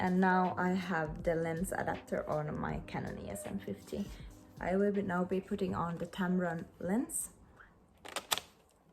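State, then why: Not seated. Someone talks over background music while a Tamron lens is handled for mounting onto an autofocus lens adapter already fitted to a Canon EOS M50 mirrorless camera body. A few small, sharp handling ticks come near the end at about 8.1 to 8.4 s. Nothing has seated or clicked yet.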